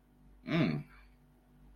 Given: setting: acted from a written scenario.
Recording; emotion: vocal sound without words; desire